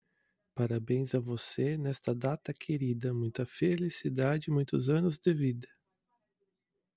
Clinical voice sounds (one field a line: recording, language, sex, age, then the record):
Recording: short text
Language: Brazilian Portuguese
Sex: female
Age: 50 to 59 years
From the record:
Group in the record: control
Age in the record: 52 years